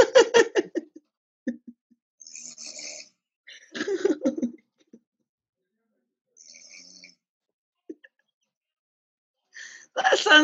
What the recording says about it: There's an app called Sleep Recorder, and and it records your sleep talking. No sleep talking, but it's all snoring.